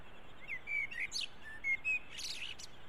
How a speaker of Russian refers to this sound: Смотри. Дрозд.